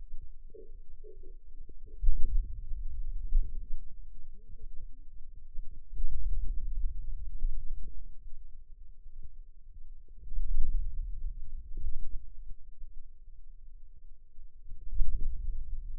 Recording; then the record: forearm muscle sounds (acoustic myography)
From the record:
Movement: radial deviation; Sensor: system 2, bracelet of six BSWA MPA416 microphones around the upper forearm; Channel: 1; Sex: female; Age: 21 years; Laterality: right